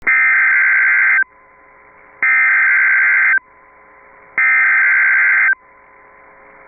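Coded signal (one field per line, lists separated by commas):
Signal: Emergency Alert System (SAME) tones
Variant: header bursts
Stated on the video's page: Real tornado warning with valid EAS tones that can trigger the alert system.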